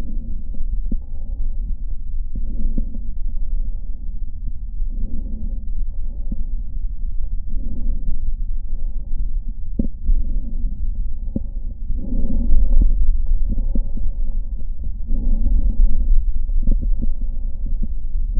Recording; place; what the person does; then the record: lung sounds by stethoscope; right anterior apical chest; quiet breathing, then deep breathing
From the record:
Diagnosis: interstitial lung disease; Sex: female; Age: 74 years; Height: 150 cm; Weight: 69.8 kg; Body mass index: 31.0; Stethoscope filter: diaphragm mode